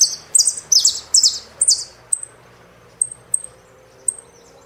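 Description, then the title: Saffron finch song: a series of five loud, buzzy, downslurred high chirps, followed by several brief thin high notes at irregular intervals. "Jilguero Argentino"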